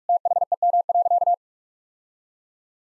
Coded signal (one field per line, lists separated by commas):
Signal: Morse code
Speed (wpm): 46 wpm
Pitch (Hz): 700 Hz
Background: none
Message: THEM.